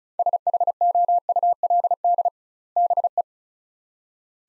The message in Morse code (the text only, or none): SHOULD BE